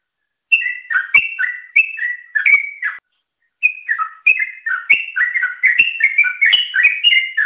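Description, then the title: Yellow-vented bulbul song: bubbly, liquid phrases of quick warbled notes, delivered in short bursts with a brief pause, then a longer run of tumbling chatter. "Suara Burung Trucukan"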